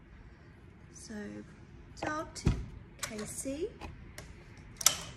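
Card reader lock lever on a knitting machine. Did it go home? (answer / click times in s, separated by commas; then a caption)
yes / 4.8 s, 4.9 s. Someone talks while the card reader engagement lever on a Brother KH860 knitting machine is moved to engage the card reader. Two sharp clicks at 4.8 s and 4.9 s mark the lever clicking into its locked position, and the card reader is locked.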